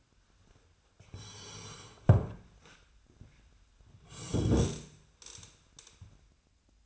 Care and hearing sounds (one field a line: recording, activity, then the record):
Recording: daily activity, microphone in the room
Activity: sit down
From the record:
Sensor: 2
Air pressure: 1007.6 hPa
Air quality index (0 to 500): 180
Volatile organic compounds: 10 ppm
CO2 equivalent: 2212 ppm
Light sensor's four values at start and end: 9/23/9/10 and 9/22/9/10